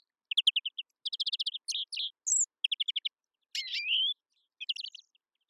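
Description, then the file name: European greenfinch sings a busy twittering song of fast chirp trills mixed with a drawn-out buzzy wheeze. "Chloris chloris"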